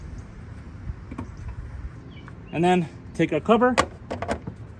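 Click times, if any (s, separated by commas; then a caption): 1.2 s. An LED H7 low beam bulb is turned to the right in the headlight housing of a 2011 Mercedes-Benz E-350 until it twist-locks, with a sharp click at 1.2 s showing it has seated. Someone then talks, and a few more faint clicks follow near the end.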